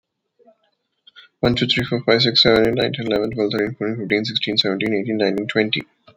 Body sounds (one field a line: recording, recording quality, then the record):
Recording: counting at a fast pace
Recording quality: excellent, no background noise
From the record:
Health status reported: healthy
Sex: male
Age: 33 years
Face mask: not worn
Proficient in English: yes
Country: India